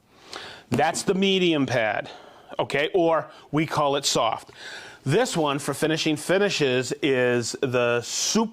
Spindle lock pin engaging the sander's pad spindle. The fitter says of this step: it has to be and you'll hear the pin click in Rotex so I can spin that right off